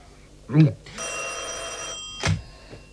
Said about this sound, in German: Ich kenne Ihr Klingeln. Kein Mensch in Moskau lässt das Telefon so überzeugend klingeln wie Sie.